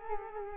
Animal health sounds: mosquito wingbeat signal from an infrared sensor; Culex quinquefasciatus

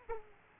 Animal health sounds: mosquito wingbeat signal from an infrared sensor; Aedes aegypti

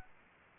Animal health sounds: mosquito wingbeat signal from an infrared sensor; Aedes aegypti

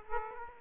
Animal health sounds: mosquito wingbeat signal from an infrared sensor; Aedes aegypti

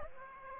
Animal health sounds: mosquito wingbeat signal from an infrared sensor; Aedes aegypti

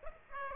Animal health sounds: mosquito wingbeat signal from an infrared sensor; Aedes aegypti

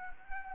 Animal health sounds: mosquito wingbeat signal from an infrared sensor; Anopheles arabiensis

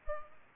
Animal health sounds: mosquito wingbeat signal from an infrared sensor; Culex pipiens

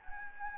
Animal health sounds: mosquito wingbeat signal from an infrared sensor; Anopheles gambiae

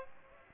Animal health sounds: mosquito wingbeat signal from an infrared sensor; Aedes aegypti

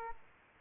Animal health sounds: mosquito wingbeat signal from an infrared sensor; Aedes aegypti

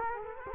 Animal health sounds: mosquito wingbeat signal from an infrared sensor; Culex quinquefasciatus

